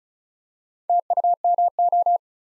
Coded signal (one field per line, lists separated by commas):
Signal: Morse code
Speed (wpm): 36 wpm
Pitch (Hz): 700 Hz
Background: none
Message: TUMO